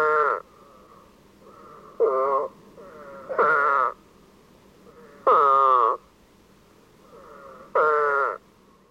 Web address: Wildlife Sounds. E Spadefoot